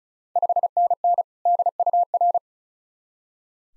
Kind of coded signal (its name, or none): Morse code